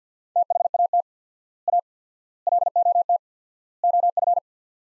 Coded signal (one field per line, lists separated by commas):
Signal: Morse code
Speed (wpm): 50 wpm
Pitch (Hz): 700 Hz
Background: none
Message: THAT A LOT OF